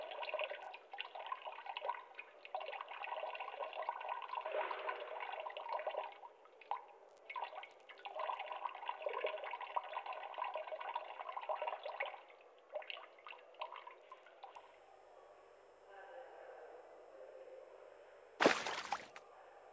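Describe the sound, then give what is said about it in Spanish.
Someone jumps into water: water splashes and sloshes steadily with irregular drips and gurgles, thinning out near the end before one sharp, bright splash cuts through. “Saltas al agua.”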